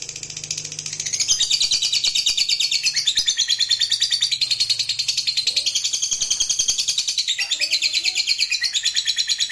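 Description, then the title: Lovebird producing a long, loud, rapid trill that builds after a softer start and continues unbroken. Fighter lovebird giving ngekek panjang, a long drawn-out trill. "Begitu Dengar Suara Lovebird FIGHTER NGEKEK PANJANG"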